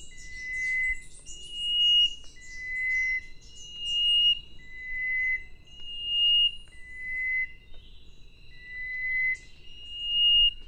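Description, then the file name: Chestnut-breasted wren giving a slow series of clear whistles alternating low and high, about one every second, with high twittering at the start. "cyphorhinus thoracicus"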